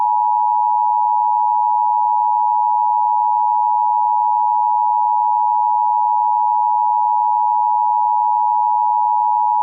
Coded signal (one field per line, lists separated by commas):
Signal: Emergency Alert System (SAME) tones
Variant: 853 and 960 Hz attention tone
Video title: EAS Classic: The EAS Interrupts "Microsoft Sam Reads Computer Errors - Part 2" (Original Re-Edit)